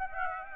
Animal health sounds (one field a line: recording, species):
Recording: mosquito wingbeat signal from an infrared sensor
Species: Aedes aegypti